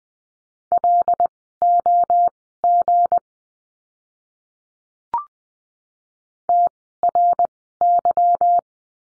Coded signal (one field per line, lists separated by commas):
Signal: Morse code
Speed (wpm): 20 wpm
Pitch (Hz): 700 Hz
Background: none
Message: LOG TRY